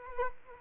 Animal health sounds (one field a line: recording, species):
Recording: mosquito wingbeat signal from an infrared sensor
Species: Culex quinquefasciatus